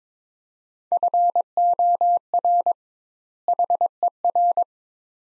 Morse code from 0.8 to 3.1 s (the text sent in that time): FOR